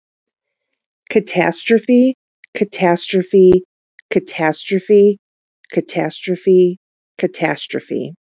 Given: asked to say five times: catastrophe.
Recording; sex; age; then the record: repeated word; female; 40 to 49 years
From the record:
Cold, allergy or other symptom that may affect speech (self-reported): no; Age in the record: 41 years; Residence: Illinois, United States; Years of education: 12